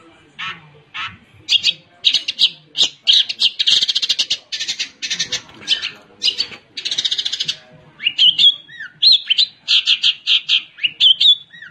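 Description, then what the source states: Long-tailed shrike song: a rapid, varied medley of sharp chirps, trills and buzzy bursts, ending in clear slurred whistles. Combination song.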